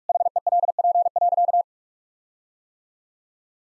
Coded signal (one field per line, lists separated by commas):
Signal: Morse code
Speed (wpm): 41 wpm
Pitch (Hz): 700 Hz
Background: none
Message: HELP.